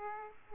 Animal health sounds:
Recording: mosquito wingbeat signal from an infrared sensor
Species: Aedes aegypti

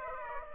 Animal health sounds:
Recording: mosquito wingbeat signal from an infrared sensor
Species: Aedes aegypti

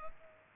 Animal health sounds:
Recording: mosquito wingbeat signal from an infrared sensor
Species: Culex pipiens

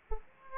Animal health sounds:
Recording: mosquito wingbeat signal from an infrared sensor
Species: Aedes aegypti

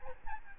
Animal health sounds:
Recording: mosquito wingbeat signal from an infrared sensor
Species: Aedes albopictus

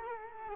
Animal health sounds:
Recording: mosquito wingbeat signal from an infrared sensor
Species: Culex quinquefasciatus

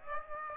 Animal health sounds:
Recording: mosquito wingbeat signal from an infrared sensor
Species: Aedes aegypti

